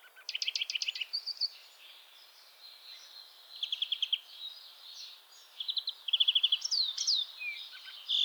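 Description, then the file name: European greenfinch singing a mix of fast trills and chirpy twitters, with a slurred, swooping note near the end. "Chloris chloris"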